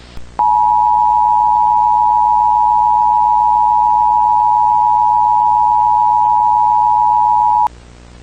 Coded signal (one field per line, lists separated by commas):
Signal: Emergency Alert System (SAME) tones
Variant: 853 and 960 Hz attention tone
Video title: EAS Scenario: The Entity That Doesn't Exist - A Core?